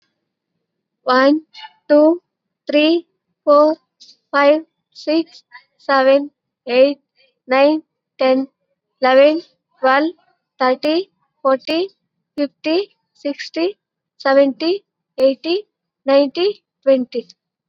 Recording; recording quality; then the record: counting at a normal pace; excellent, no background noise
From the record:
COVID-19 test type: RT-PCR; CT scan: not taken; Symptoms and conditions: none ticked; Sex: female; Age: 20 years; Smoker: no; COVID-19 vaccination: both doses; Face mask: worn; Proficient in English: yes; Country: India